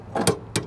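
A foot-pound torque wrench, set to the lug rating of 250 inch-pounds converted to foot-pounds, ratchets down a main feeder lug screw in a new 200 A electrical panel. A couple of ratcheting sounds come first, then the wrench gives its sharp click at 0.6 s, showing the lug has reached the set torque.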